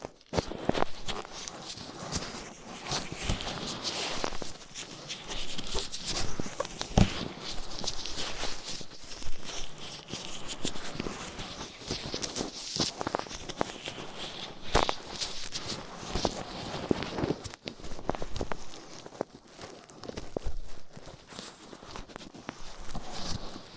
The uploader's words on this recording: ASMR 3Dio Ear Cleaning Latex Gloves, Dental Pick, Cotton Swabs (No Talking).